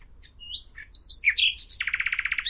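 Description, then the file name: Common nightingale song: varied slurred whistles, followed by a quick run of repeated buzzy notes. "Luscinia megarhynchos"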